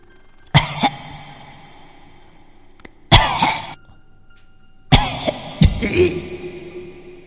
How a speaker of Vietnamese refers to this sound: Thế rồi có tiếng ho bắt đầu vang lên. Cái tiếng ho như là ống bơ rỉ của người hen lâu năm.